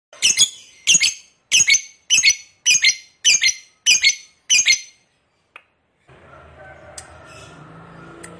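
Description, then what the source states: Lovebird calls: eight sharp double chirps spaced roughly every half second, then silence, followed by a low background hum and faint scattered squeaks. Fighter lovebird, gacor (singing energetically).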